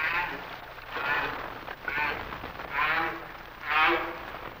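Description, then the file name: Humpback whale song units: short, buzzy, harmonic cries pulsing roughly once a second over a steady noisy background, growing slightly louder toward the end. "Sounds of Nature - Humpback Whales"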